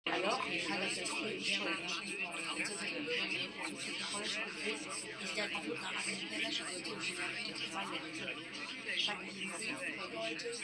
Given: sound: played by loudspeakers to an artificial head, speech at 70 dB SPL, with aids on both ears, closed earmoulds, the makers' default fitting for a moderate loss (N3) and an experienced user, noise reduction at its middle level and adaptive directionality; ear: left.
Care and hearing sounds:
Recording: speech test signal (ISTS) in cocktail-party noise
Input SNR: -3 dB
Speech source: on the right (90 degrees)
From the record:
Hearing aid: class 2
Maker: C

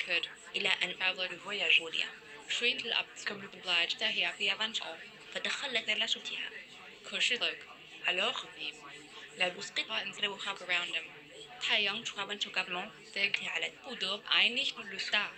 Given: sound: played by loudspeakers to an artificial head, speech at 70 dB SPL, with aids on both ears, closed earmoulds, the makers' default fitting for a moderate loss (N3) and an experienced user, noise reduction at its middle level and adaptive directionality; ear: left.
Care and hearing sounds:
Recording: speech test signal (ISTS) in cocktail-party noise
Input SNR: -3 dB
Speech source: in front (0 degrees)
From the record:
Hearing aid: class 1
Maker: I

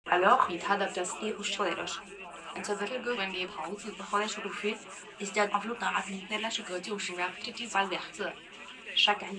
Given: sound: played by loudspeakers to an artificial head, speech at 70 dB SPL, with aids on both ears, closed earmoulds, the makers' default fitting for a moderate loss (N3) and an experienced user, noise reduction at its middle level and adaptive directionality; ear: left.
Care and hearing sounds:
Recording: speech test signal (ISTS) in cocktail-party noise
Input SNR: +9 dB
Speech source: on the right (90 degrees)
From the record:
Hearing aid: class 2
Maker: E

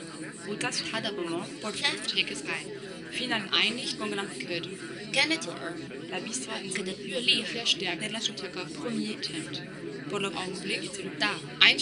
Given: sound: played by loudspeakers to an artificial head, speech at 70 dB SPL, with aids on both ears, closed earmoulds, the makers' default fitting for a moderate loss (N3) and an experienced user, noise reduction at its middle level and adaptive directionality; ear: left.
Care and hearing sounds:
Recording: speech test signal (ISTS) in cocktail-party noise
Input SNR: -3 dB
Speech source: in front (0 degrees)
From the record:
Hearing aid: class 2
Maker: B

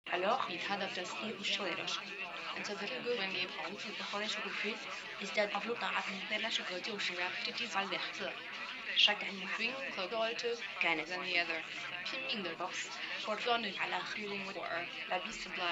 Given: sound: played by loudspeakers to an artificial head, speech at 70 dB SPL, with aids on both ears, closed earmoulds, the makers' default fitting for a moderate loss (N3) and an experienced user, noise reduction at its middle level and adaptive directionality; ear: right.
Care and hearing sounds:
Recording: speech test signal (ISTS) in cocktail-party noise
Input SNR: +3 dB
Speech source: in front (0 degrees)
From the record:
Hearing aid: class 1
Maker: F

